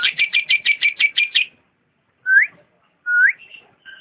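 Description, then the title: Lovebird calling: a rapid series of about nine shrill chirps, silence, then two loud upward-sweeping whistled notes and a faint squeak. Champion lovebird, singing. "KICAU BURUNG LOVEBIRD JUARA"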